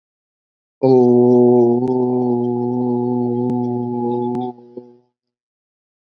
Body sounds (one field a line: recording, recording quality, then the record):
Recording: sustained vowel as in boot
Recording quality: excellent, no background noise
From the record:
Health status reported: exposed to COVID-19, no respiratory illness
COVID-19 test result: not tested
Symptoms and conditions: cough, sore throat, fatigue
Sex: male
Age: 25 years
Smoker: not ticked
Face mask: not worn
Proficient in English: yes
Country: India